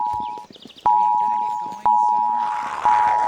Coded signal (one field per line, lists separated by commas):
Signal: Emergency Alert System (SAME) tones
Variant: 853 and 960 Hz attention tone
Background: speech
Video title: THE AWAKENING... a eas scenario recreation